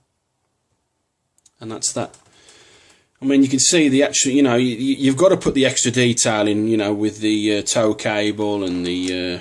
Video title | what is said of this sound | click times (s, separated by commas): Revell UNSC Warthog Part 2 | push down on the back and then you'll hear the click and it's locked into place and that's | 1.4 s, 1.5 s